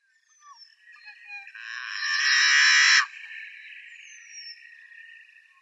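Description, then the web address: Yellow-headed Blackbird song: a few short clipped notes, then a loud harsh buzzy screech lasting about a second and a half. "Schulze Peter Yellow-headed Blackbird song"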